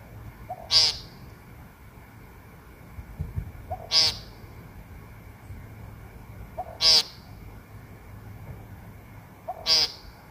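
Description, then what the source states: Woodcock repeating a rasping buzzy call four times, roughly every three seconds, each introduced by a quiet low whoop. Recorded on a phone and normalized; a quiet whoop, possibly an in-drawn breath, comes just before every call.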